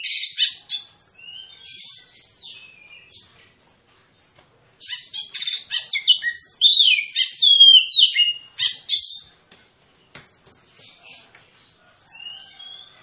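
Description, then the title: Oriental magpie-robin singing varied high whistles and chattering phrases, a louder burst in the middle after a brief pause, then softer notes toward the end. Song presented as aggressive, fighting-style song with full, persistent bursts; used as therapy to make magpie-robins reluctant to sing start fighting. "Kacer Langsung Tarung Konslet KACER NGOTOT FULL TEMBAKAN. Kicau Kacer santaiterapi Kacer males bunyi"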